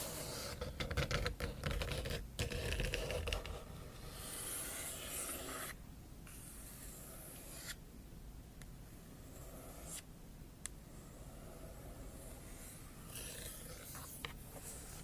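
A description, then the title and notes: Scratching ASMR opens with loud, dense rasping for four seconds, then eases into a softer steady rub broken by occasional sharp taps. Scratching & Tapping ASMR.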